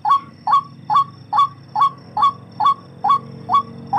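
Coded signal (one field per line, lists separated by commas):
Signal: none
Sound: bird whistle sounds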